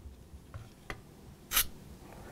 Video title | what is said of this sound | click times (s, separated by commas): CO2 Replica Air Gun Pistol Care & Maintenance : Umarex Airguns | and you hear that little that means it's locked into place and you don't have to over tighten this thing or crank it down | 0.9 s